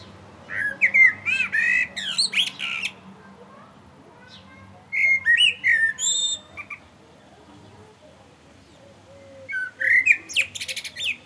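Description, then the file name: Common blackbird song: three mellow fluted warbling phrases, each ending in a high squeaky twitter, separated by pauses of a few seconds; faint low hum underneath. "Turdus merula"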